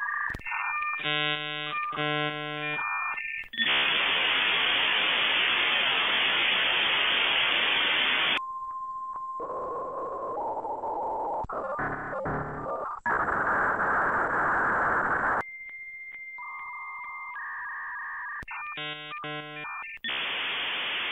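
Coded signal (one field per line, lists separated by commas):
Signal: dial-up modem handshake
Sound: stacked beeping tones, a steady answer tone, warbles, then loud wideband hiss, repeated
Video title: 16 Dial Up Sound Variations in 2 Minutes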